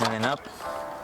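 A dash trim piece is being fed through the gap and its holes and pushed up into the instrument panel of a Chrysler Town and Country during a WIN module replacement. Someone talks briefly, then a low, steady background hum continues. Nothing has seated or clicked yet; the trim piece is not home.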